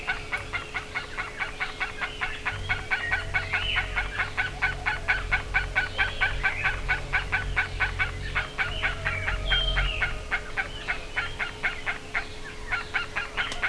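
Bird: a steady stream of rasping notes with faint whistled slides, a low rumble in the middle and a constant hum.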